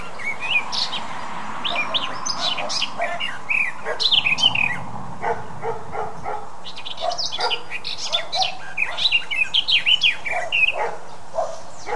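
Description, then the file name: Eurasian blackcap warbling busily, with jumbled quick notes and fluty phrases over a steady low hum and faint background sounds. "Sylvia atricapilla"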